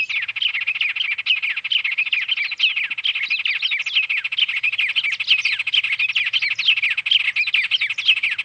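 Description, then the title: White-rumped tanager song: a fast, continuous jumble of high chirps and down-slurred whistles, tumbling without pause for over eight seconds. Nominate subspecies Cypsnagra hirundinacea hirundinacea. "LuckyPassaro Completos2Sama. White-rumped Tanager (Cypsnagra hirundinacea hirundinacea)"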